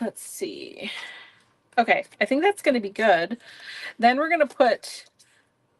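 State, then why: Not seated. Paper hearts are lined up on four stacked layers of paper, ready for a stapling guide or holder to be pressed down over them. There is soft paper rustling for the first second or so, then someone talks from about 1.7 s onward. The stapling guide has not yet been pressed down or snapped into place.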